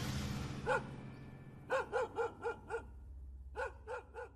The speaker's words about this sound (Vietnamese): May mắn cho lão, ngay lúc ấy con kia liền sủa lên mấy tiếng.